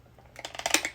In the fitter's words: like it's not satisfying it's kind of just I feel like I'm just like slamming it on I need a satisfying click to know that it's real are you attached or not